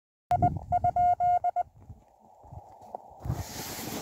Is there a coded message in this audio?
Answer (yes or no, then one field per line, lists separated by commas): yes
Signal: Morse code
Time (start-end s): 0.3-1.6 s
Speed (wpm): 27 wpm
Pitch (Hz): 710 Hz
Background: none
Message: I ?